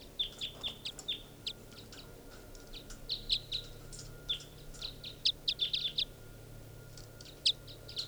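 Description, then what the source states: Crossbill calls, a lively series of sharp, clipped high kip notes, some quickly doubled, repeated throughout with a steady faint hum beneath. Bird numbered 501, recorded along a road near a campsite.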